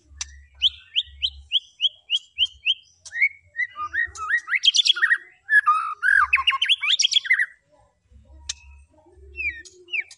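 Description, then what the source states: White-rumped shama starting with evenly repeated clear upslurred whistles, then breaking into tumbling chattered trills and varied notes. Lure recording of a vigorously singing white-rumped shama (murai batu gacor), meant to provoke other birds into responding.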